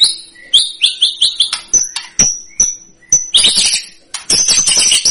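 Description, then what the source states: White-rumped shama singing high chirping notes and thin whistles, ending in a dense, loud burst of rapid high twittering. Lure recording of a vigorously singing bird, used to provoke a response from other birds.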